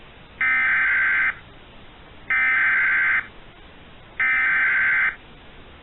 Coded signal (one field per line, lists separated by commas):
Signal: Emergency Alert System (SAME) tones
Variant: header bursts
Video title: A Hot Day (EAS Scenario)